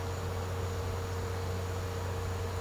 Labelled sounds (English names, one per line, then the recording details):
none
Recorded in secondary vegetation near Puerto Asís, Putumayo, Colombia, on 21 March 2025 at 14:00
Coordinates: 0.468, -76.324
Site G059